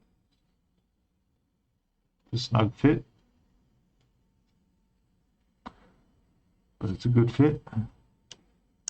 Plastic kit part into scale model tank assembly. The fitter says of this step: you hear that satisfying satisfy satisfying a little click